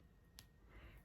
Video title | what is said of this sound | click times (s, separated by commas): Goodbye Thin Receding Hair! Hello Toppers! #wiglife #llenwille | And you might not be able to hear it, but I can. And that's how you'll know it's clipped in. | 0.4 s